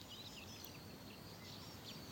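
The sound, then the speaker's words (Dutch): Barn swallows in the air and sparrows on a terrace chirp and twitter softly in quick, high-pitched bursts, picked up by an outdoor microphone, over a steady bed of outdoor background hiss, with no talking. “Ja, wat eendige slobber, wat boerenzwaluwen in de lucht. Mussen hier op het terras.”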